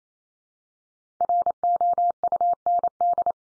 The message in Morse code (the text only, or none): ROUND